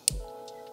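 A blue plastic retaining clip, checked for direction, is pushed onto a fuel line fitting during a flex fuel kit install on a Honda Civic Type-R. A single sharp snap is heard at 0.1 s, followed by a low steady hum and faint ticks. The clip seats onto the fitting.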